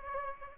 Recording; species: mosquito wingbeat signal from an infrared sensor; Culex pipiens